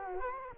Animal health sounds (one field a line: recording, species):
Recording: mosquito wingbeat signal from an infrared sensor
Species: Culex quinquefasciatus